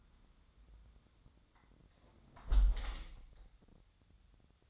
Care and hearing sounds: daily activity, microphone in the room; close window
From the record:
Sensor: 3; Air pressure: 1006.3 hPa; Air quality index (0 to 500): 191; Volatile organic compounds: 13 ppm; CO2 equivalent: 2429 ppm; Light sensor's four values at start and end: 10/24/10/10 and 10/23/9/9

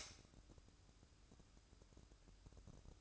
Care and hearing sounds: daily activity, microphone in the room; light on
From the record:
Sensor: 2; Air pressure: 1007.7 hPa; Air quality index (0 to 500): 77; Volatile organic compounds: 1 ppm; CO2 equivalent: 639 ppm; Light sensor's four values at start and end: 9/21/9/9 and 13/37/15/15

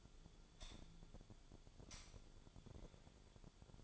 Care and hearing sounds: daily activity, microphone in the room; light on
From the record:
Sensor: 5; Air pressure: 1009.9 hPa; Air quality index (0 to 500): 159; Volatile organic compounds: 4 ppm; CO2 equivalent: 1545 ppm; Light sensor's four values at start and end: 200/507/209/225 and 200/507/209/225

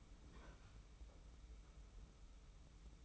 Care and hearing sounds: daily activity, microphone in the room; open fridge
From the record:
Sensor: 1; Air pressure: 991.0 hPa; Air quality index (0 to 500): 110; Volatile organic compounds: 108 ppm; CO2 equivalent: 3806 ppm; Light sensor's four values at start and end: 23/55/23/25 and 23/55/23/25

